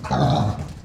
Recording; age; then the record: pig call; growing-finishing pig (85 days or more)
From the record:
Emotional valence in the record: positive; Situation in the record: run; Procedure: transit